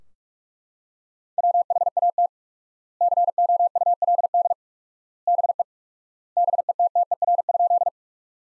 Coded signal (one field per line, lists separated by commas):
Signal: Morse code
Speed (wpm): 42 wpm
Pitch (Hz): 700 Hz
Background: none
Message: WHAT COULD BE BETTER?